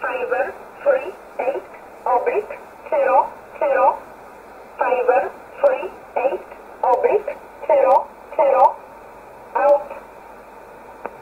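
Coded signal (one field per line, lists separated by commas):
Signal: numbers station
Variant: E11 Oblique, English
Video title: 07 08 2019 E11 Oblique Numbers station in English 0901 on 7449 unknown tx site in USB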